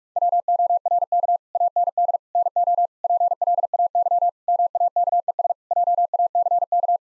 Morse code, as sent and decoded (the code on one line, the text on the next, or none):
.-- --- .-. -.- / .- -. -.. / -. --- / .--. .-.. .- -.-- / -- .- -.- . ... / .--- .- -.-. -.-
WORK AND NO PLAY MAKES JACK